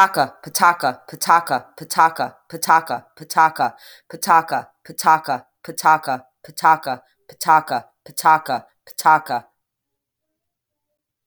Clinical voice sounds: repeated syllables /pa ta ka/; female; 40 to 49 years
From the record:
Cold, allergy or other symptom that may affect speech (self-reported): no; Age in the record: 40 years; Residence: New York, United States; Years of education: 12

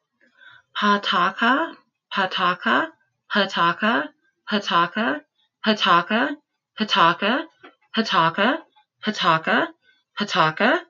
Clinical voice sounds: repeated syllables /pa ta ka/; female; 30 to 39 years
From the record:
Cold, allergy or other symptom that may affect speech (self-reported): no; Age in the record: 39 years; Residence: Texas, United States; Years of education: 14

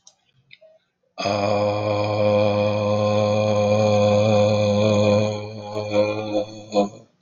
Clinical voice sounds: vowel held as long as possible; male; 50 to 59 years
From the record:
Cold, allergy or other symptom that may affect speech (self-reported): no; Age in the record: 59 years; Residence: Kansas, United States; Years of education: 14

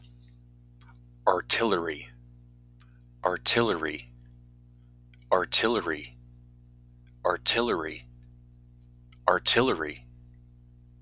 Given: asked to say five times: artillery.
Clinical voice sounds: repeated word; male; 30 to 39 years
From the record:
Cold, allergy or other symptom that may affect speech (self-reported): no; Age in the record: 30 years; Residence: Washington, United States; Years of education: 12

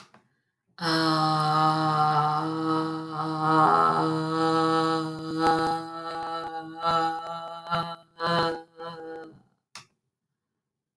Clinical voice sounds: vowel held as long as possible; female; 30 to 39 years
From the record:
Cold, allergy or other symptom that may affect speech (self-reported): no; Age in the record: 35 years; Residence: New York, United States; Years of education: 4

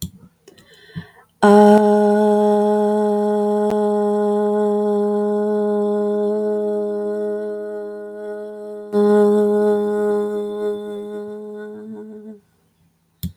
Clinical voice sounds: vowel held as long as possible; female; 40 to 49 years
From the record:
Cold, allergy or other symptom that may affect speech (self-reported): no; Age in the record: 45 years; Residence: North Dakota, United States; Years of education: 14

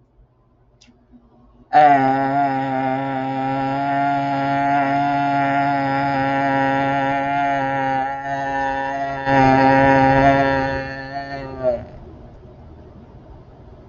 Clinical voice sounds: vowel held as long as possible; male; 40 to 49 years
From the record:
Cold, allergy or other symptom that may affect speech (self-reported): no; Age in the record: 41 years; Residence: Alabama, United States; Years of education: 17

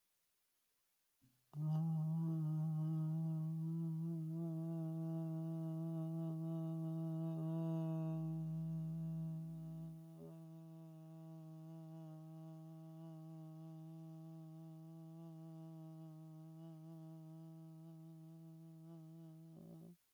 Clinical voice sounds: vowel held as long as possible; male; 50 to 59 years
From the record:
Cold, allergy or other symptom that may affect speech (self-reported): no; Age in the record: 57 years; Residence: Texas, United States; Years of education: 21

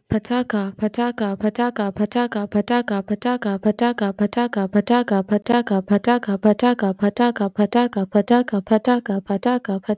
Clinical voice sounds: repeated syllables /pa ta ka/; female; 20 to 29 years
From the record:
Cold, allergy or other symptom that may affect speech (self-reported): no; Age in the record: 26 years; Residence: Pakistan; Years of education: 16

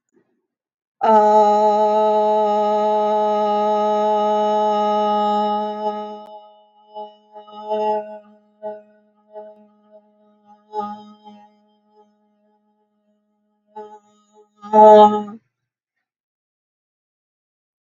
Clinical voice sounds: vowel held as long as possible; female; 60 to 69 years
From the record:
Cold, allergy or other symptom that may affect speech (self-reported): no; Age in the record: 68 years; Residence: Tennessee, United States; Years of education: 12

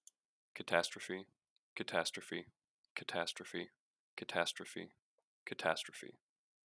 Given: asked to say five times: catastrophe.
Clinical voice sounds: repeated word; male; 20 to 29 years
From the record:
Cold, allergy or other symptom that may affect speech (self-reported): no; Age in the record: 23 years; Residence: New Hampshire, United States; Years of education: 17

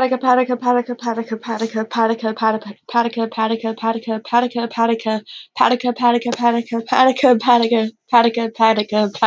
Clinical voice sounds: repeated syllables /pa ta ka/; female; 20 to 29 years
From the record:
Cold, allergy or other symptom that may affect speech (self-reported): no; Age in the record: 24 years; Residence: West Virginia, United States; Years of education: 12

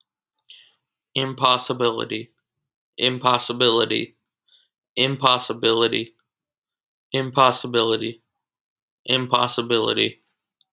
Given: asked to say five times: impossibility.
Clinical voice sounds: repeated word; male; 20 to 29 years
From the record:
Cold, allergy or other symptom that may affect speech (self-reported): no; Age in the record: 29 years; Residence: Illinois, United States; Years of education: 16

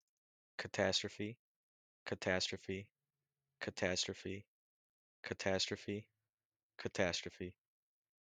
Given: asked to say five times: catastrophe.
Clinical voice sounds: repeated word; male; 18 to 19 years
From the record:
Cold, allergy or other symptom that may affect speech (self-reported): no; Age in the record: 18 years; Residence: Illinois, United States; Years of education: 12

